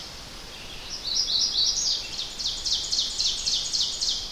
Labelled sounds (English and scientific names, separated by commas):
Ovenbird (Seiurus aurocapilla) song